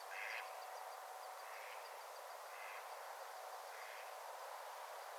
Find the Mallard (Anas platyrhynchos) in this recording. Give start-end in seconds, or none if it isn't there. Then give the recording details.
0.01-4.18. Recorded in France